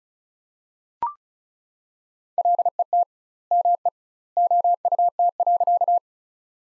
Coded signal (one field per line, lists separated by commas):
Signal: Morse code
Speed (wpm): 36 wpm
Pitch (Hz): 700 Hz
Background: none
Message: LET ME OUT.